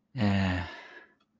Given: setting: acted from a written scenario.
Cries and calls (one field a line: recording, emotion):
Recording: vocal sound without words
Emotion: serenity